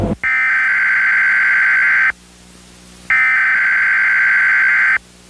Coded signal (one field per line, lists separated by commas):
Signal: Emergency Alert System (SAME) tones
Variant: header bursts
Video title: (VALID TONES) Creeper Cable EAS Mock - Tampa Bay Required Monthly Test (September 26, 2007)